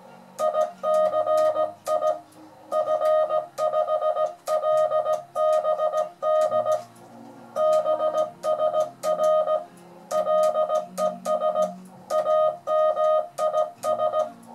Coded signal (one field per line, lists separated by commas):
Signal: Morse code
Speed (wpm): 17 wpm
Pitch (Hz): 620 Hz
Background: music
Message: ICI F5LBD BSR LES AMIS